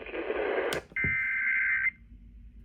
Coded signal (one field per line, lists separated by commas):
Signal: Emergency Alert System (SAME) tones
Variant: header bursts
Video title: EAS #939 Tornado Warning